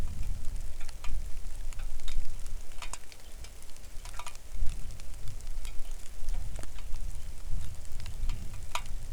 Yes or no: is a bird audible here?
yes